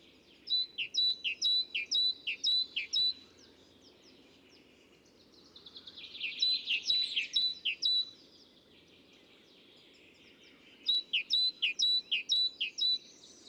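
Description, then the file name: Great tit song, loud see-saw two-note phrases repeated about twice a second in three bursts, with soft background hiss. Recorded in a cemetery. "Musvit"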